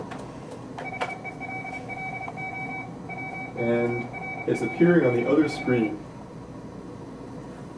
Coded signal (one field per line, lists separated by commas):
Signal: Morse code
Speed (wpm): 30 wpm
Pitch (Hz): 2300 Hz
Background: speech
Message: HELLO WORLD<SN>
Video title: Radio Interface Vic20, C64 Part l